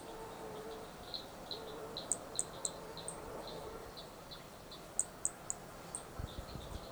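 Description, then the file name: Flea-toad calls: very short, high clicky notes, with tight triplets of sharper, higher notes near two and five seconds and scattered softer notes between, over faint steady hiss. Brachycephalus hermogenesi recorded at Picinguaba, Brazil; a single specimen; several starting notes lost, recorded without interruption. "Brachy hermogenesi Picinguaba specimen one several starting notes lost without interruption"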